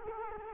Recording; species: mosquito wingbeat signal from an infrared sensor; Culex quinquefasciatus